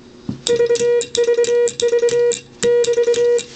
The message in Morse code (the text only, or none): VVV <BT>